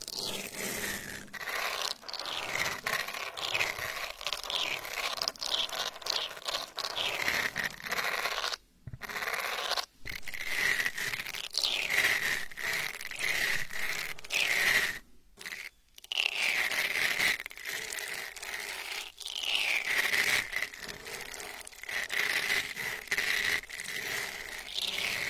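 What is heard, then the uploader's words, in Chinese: An eyelash brush sweeps over the ears in quick, repeated scratchy strokes, with a steady bristly hiss and brief pauses near 9 and 15 seconds. 睫毛刷，刷刷你的小耳朵。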